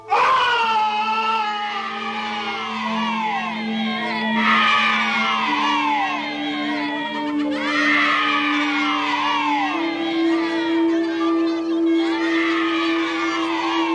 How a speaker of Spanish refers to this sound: No tardaron en oír un espantoso alarido seguido de un escalofriante griterío infantil.